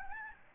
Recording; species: mosquito wingbeat signal from an infrared sensor; Aedes albopictus